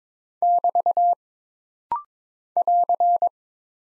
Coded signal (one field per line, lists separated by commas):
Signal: Morse code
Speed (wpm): 22 wpm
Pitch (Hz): 700 Hz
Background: none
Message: <BT> <AR>